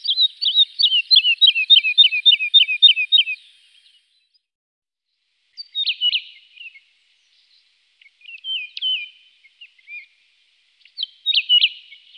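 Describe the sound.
Woodlark singing a quick series of sweet, falling notes, followed by short, scattered whistled phrases separated by silent gaps.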